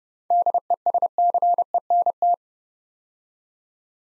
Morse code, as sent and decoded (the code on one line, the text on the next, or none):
-.. . ... -.-. . -. -
DESCENT